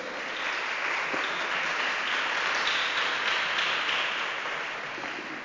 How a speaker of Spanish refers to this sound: Así que desen un fuerte aplauso, por favor.